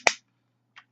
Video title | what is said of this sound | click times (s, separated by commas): Transforming "Eastern Exotica" Review #142 Tobot Adventure Taekwon K | fold grounds and then just clicks into place straighten | 0.1 s